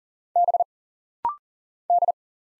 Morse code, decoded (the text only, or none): B D